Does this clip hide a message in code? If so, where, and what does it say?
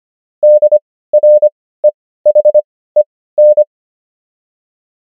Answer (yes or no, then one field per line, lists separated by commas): yes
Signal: Morse code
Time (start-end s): 0.4-3.6 s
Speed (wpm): 25 wpm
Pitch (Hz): 600 Hz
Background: none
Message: DREHEN